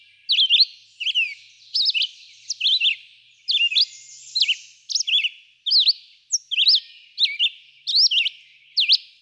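Red-eyed vireo giving short, crisp whistled phrases, separated by short silences.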